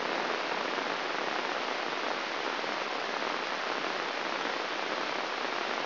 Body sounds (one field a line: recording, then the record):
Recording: brain microelectrode recording played as sound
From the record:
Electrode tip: inside the subthalamic nucleus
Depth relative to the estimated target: 1 mm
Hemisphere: right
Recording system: AlphaMap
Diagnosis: Parkinson's disease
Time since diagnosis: 24 years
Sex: male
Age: 67 years